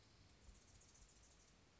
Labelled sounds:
Anna's Hummingbird
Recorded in Sonoma County, California

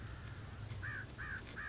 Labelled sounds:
American Crow
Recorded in Sonoma County, California

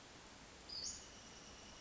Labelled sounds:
Western Flycatcher
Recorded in Sonoma County, California

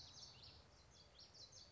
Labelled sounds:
Common Yellowthroat
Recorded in Sonoma County, California

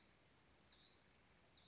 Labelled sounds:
Hutton's Vireo
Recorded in Sonoma County, California

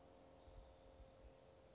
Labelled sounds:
Brown Creeper
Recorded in Sonoma County, California

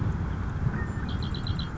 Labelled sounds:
Red-winged Blackbird
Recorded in Sonoma County, California

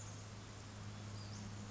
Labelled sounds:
Western Flycatcher
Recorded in Sonoma County, California

